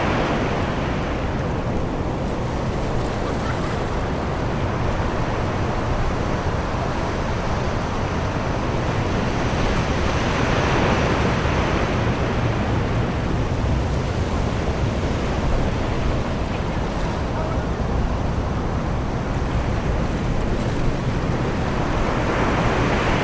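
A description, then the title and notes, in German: Steady surf washes onto a beach on a summer day, a dense low roar with gentle swells, brighter around ten and twenty seconds. Sommerliche Gelassenheit am Strand. Eines geheimen Strandes an einem Sommertag.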